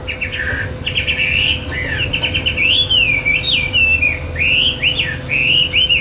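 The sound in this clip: Chinese hwamei song: a continuous series of bright, looping whistles sliding up and down, over a low constant hum.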